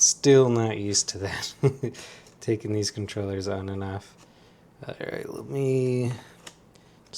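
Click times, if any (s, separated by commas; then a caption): 6.5 s. Someone talks while sliding a detachable controller fitted with comfort grips onto the side rail of a Legion Go 2 handheld gaming PC. It latches into place with a sharp click at 6.5 s, followed by a couple of fainter ticks.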